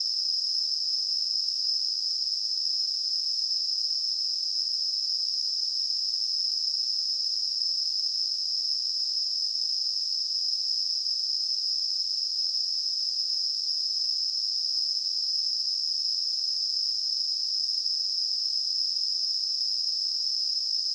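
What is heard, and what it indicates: Simulated tinnitus: a steady, high-pitched, narrow-band ringing hiss centered near 5 kHz with a fainter band near 10 kHz, continuous and unchanging throughout, with no low-frequency content.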